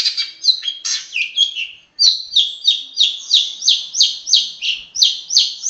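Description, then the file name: Long-tailed shrike song, scratchy twittering notes, then a steady series of downslurred notes. Master song used for training songbirds. "cendet master. omkicau"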